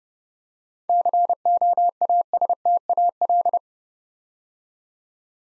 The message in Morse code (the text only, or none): COASTAL